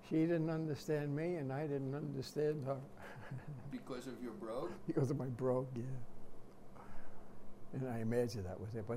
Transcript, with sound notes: She didn't understand me and I didn't understand her. [chuckles]
Because of your brogue?
Because of my brogue, yeah. And I imagine that was it.